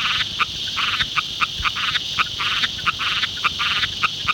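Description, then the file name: Broad-palmed rocket frog call: quick staccato notes in rapid groups, backed by a continuous high buzzing drone. "Litoria latopalmata"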